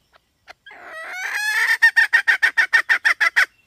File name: tieng ga mai rung